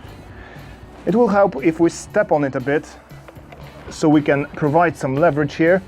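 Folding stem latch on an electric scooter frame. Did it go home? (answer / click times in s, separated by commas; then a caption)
no / none. While unfolding a Revoe Revolt electric foldable scooter, someone talks while stepping on the frame for leverage and levering the aluminium stem upright toward its folding stem latch, with faint handling taps at about 3.3 and 3.5 seconds during a pause in the talk. Nothing has seated or clicked yet; the folding lock has not latched.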